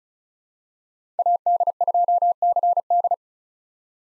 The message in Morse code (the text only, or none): AD2CD